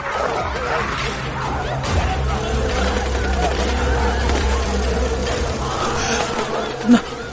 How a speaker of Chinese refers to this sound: 狼群，是狼群，快快走，进峡谷！